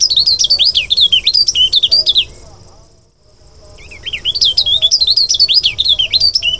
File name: prinia burnesi omkicau